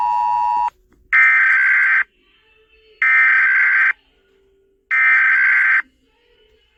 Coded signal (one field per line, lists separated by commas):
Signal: Emergency Alert System (SAME) tones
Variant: header bursts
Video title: Rating REAL eas alarms pt 1